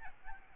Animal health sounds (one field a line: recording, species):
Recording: mosquito wingbeat signal from an infrared sensor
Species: Aedes albopictus